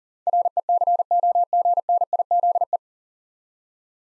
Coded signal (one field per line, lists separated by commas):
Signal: Morse code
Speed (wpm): 40 wpm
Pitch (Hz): 700 Hz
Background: none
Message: RECOGNIZE